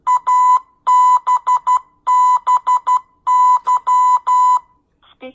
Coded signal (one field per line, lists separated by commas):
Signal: Morse code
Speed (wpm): 12 wpm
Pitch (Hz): 1000 Hz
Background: none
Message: ABBY